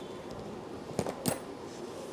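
A plastic tamper seal, a zip-lock style tag fitted on a suitcase zipper, is twisted by hand until the plastic bends and snaps open. Two sharp plastic snaps are heard at 1.0 s and 1.3 s. The seal breaks off and is released.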